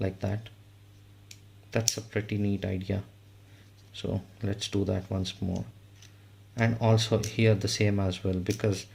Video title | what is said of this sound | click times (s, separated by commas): INSTA360 ONE R BOOSTED BATTERY BASE UNBOXING - 2XMORE POWER!!! | so that if you just like leave them they can go and snap into place | 1.3 s